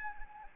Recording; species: mosquito wingbeat signal from an infrared sensor; Anopheles arabiensis